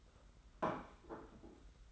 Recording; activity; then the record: daily activity, microphone in the room; place plate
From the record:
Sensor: 3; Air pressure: 991.7 hPa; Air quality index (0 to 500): 180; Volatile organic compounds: 1000 ppm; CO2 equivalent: 6017 ppm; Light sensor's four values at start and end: 25/76/31/28 and 25/76/31/28